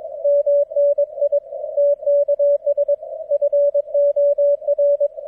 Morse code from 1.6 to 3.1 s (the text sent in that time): TKS